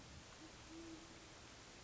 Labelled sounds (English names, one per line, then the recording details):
Great Horned Owl
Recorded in Sonoma County, California